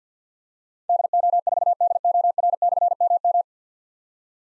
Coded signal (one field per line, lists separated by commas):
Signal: Morse code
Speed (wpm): 47 wpm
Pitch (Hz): 700 Hz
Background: none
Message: DO4DOR/MM